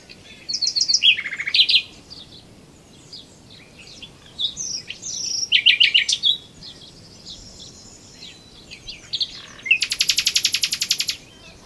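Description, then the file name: Common nightingale song, a series of varied phrases: stuttering repeated notes, a low dipping note, and a loud buzzy rattling trill near the end. "Luscinia megarhynchos"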